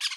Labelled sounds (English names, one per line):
Brown-throated Parakeet contact call